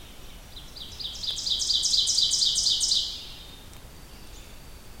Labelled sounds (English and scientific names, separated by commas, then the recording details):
Ovenbird (Seiurus aurocapilla) song
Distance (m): 15 m
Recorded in boreal forest in Alberta, Canada, on 2 June 2016 at 08:08
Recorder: SongMeter 3, array SBT-3-7
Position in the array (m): 23 m, 135 m
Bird 4